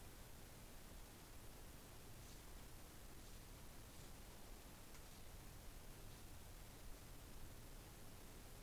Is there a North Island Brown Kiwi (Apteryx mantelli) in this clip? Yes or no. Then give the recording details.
no. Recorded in New Zealand on 6 December 2014. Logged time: 23:43. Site BV21